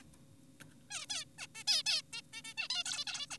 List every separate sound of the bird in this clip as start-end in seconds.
0.91-1.06, 1.10-1.25, 1.38-1.47, 1.55-1.64, 1.68-1.83, 1.86-2.02, 2.13-2.22, 2.33-2.42, 2.44-2.54, 2.58-2.68, 2.70-2.84, 2.86-3.04, 3.07-3.26, 3.31-3.38